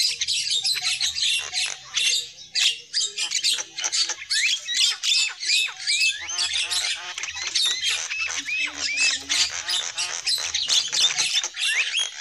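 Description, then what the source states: Lovebird chatter: a dense, continuous stream of shrill squeaks, harsh screeches and short rising whistles. Lovebird calls used as a lure for trapping birds.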